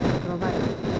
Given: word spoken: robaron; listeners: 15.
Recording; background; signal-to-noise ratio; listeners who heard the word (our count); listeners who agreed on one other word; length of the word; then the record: one Spanish word in noise, from a listening test; noise modulated by three-talker babble; -3.8 dB; 2 of 15; 10 of 15; 0.60 s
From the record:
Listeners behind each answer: 10, 2, 1, 1, 1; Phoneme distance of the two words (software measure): 14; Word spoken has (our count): 3 syllables, 7 phonemes, stress on syllable 2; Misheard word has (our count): 2 syllables, 5 phonemes, stress on syllable 2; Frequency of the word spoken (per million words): 3.67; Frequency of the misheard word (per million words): 8.13